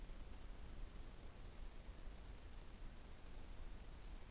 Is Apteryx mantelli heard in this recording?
no